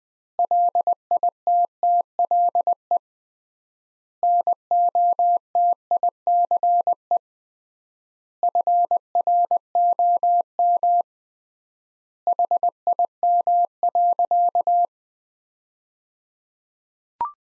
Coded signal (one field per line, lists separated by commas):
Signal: Morse code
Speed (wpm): 20 wpm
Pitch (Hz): 700 Hz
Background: none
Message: LITTLE NOTICE FROM HIM.